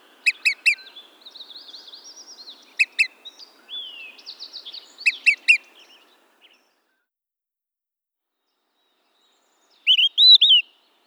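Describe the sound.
Olive-sided flycatcher repeating short series of sharp pip notes amid other birds' buzzy, sliding warbles, then near the end a three-part whistled song phrase.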